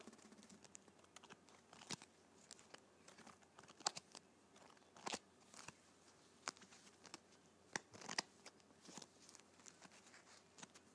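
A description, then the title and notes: Playing cards being handled: sharp, irregular snaps and slaps every second or so, with soft papery rustling over a quiet background. ASMR Playing Cards.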